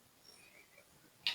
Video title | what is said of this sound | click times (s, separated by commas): Cara ganti air radiator vixion - hati2 dengan air radiator KW !!! | udah sampai bunyi klek baru ini bisa kalian lepaskan | 1.3 s